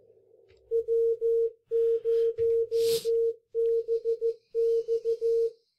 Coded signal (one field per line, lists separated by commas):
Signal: Morse code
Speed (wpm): 14 wpm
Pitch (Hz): 460 Hz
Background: none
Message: W0BX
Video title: Easy Ways To Learn CW | Ham Radio Morse Code For All